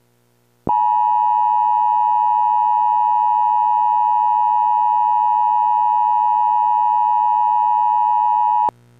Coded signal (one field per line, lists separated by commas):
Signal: Emergency Alert System (SAME) tones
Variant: 853 and 960 Hz attention tone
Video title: EAS Test: Polk, FL (Mock)